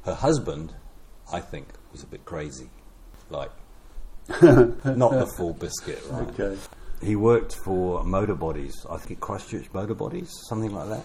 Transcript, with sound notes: her husband, I think, was a bit crazy… like, [chuckle] not the full biscuit, right? Okay. He worked for Motor Bodies, I think Christchurch Motor Bodies, something like that,